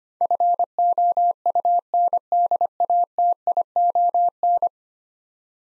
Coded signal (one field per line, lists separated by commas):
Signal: Morse code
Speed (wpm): 25 wpm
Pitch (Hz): 700 Hz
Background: none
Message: FOUNDATION